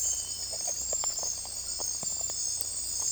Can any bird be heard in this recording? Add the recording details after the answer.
no. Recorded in secondary vegetation near Puerto Asís, Putumayo, Colombia, on 16 December 2024 at 01:00. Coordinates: 0.481, -76.318. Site G042